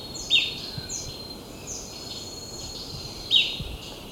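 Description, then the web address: Yellow-throated spadebill: a pair of quick, high, falling notes about three seconds apart, over steady background noise. Recorded in Ecuador, South America. "S America Birds of Ecuador. Yellow-Throated Spadebill"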